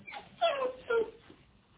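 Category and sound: animal, dog whimpering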